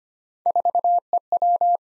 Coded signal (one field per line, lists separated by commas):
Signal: Morse code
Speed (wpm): 25 wpm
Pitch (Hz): 700 Hz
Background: none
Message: 4EW